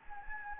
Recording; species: mosquito wingbeat signal from an infrared sensor; Anopheles gambiae